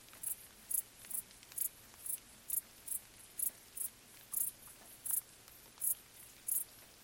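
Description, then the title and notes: Crickets give thin, high chirps in a repeated run, while faint raindrops tap around them. Crickets stridulating late on a summer night during gentle rain on vegetation, along an abandoned railway track in Bad Boll, Baden-Württemberg, with the nearby village silent. "Crickets in gentle summer rain. crickets stridulating late at night whilst gentle summer rain falls on the surrounding vegetation. abandoned railway track in Bad Boll, Baden-Württemberg. Colin Hunter. Music for Sleep"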